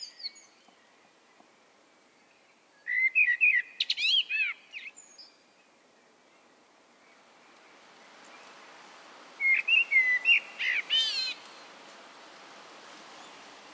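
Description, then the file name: Common blackbird singing two mellow warbled phrases several seconds apart, each ending in thin high squeaks, while a soft rushing background noise swells during the second half. "Turdus merula"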